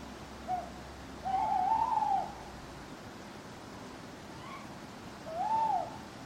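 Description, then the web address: Owl calls: a brief note, then a long quavering hoot, and a second hoot a few seconds later. Owls hooting at night in a churchyard. "birds backgrounds churchyard night owls hooting clock strike"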